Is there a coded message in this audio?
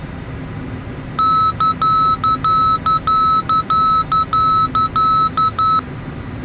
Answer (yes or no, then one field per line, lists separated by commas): no